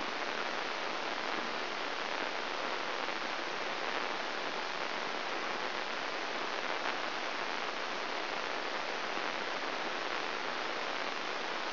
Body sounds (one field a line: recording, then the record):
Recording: brain microelectrode recording played as sound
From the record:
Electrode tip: inside the subthalamic nucleus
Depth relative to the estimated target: 0 mm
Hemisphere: left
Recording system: AlphaMap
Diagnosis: Parkinson's disease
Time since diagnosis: 20 years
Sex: female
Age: 65 years